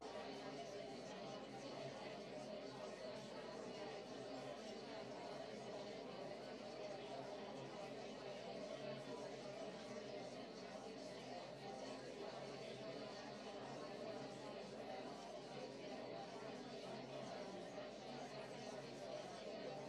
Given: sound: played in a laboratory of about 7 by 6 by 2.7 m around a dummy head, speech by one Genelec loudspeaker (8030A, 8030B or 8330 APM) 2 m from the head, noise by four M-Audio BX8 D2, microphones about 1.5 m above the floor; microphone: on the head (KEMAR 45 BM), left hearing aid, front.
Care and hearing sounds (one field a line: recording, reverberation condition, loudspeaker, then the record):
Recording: babble noise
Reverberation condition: low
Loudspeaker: four, about 170 cm from the corners of the room and facing them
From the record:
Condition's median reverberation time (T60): about 310 ms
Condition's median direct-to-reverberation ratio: about 3.5 dB